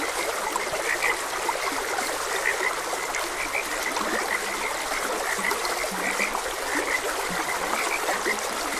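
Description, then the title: Frogs calling in brief repeated chirping croaks at an uneven pace, a few deeper notes below, all set against continuous babbling stream water. Frogs croaking beside a gentle stream. "Gentle Stream and Frogs Croaking"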